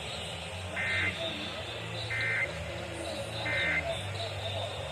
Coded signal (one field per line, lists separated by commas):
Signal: Emergency Alert System (SAME) tones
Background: speech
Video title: I went all out for the RMT... (EAS 388-398)